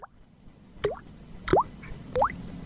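Water drips from a leaking ceiling: three separate drops land at steady intervals, each a crisp plop with a quick upward-bending pitch, over a faint low background rumble.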